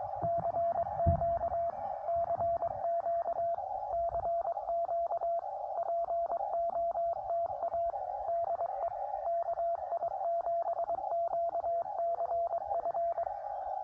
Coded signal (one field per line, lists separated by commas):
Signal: Morse code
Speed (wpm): 22 wpm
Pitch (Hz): 680 Hz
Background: radio noise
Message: CQ CQ CQ POTA DE KI7QCF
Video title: QRP CW POTA US-3064